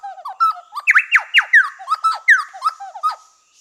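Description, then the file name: Chowchilla song: vigorous series of piping whistles and strong down-slurred notes, mixed with short chattery elements, continuing steadily before fading at the end. "Orthonyx Spaldingii"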